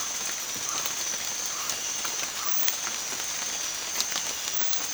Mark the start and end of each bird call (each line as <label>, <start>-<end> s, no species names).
bird call, 0.00-2.69 s